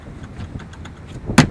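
With its release lever held in, the removable table top of a 2008 Grand Caravan minivan is lowered onto its twist-locked, floor-mounted leg in the middle row. A few faint taps at about 0.6, 0.7 and 0.9 s are followed by a single loud hit at 1.4 s as the top lands and seats on the leg.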